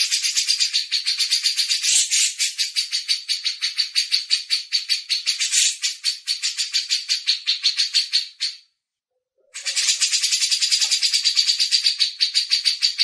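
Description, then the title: Grey-cheeked bulbul pouring out a long, continuous stream of harsh, rapid high-pitched notes, interrupted once by a brief silence before resuming. Masteran recording: training audio for songbirds. "MASTERAN CUCAK JENGGOT"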